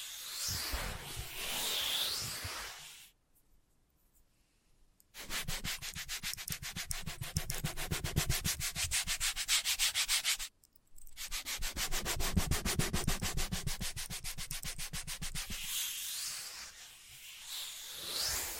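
Scratching and rubbing on a hard surface, in long runs of quick, regular strokes from about 5 to 10 seconds and again from 11 to 16 seconds. Softer, smoother tracing sounds open and close the clip, with near silence around 3 to 5 seconds.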